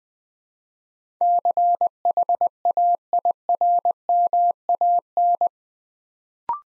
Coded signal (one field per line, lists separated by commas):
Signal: Morse code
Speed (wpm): 20 wpm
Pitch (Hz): 700 Hz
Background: none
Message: CHAIRMAN